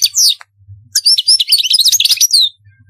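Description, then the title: European goldfinch song: high liquid twitters and slurred notes, a short phrase, a brief pause, then a longer rapid jumble of tinkling chirps. "Chant Chardonneret"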